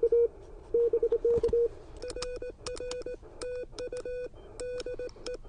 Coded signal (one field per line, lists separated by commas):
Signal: Morse code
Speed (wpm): 19 wpm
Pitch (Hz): 2500 Hz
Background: none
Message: RR TU DE